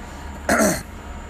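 An adult man clears his throat once, a short burst lasting under half a second. He has had a cold for a couple of weeks.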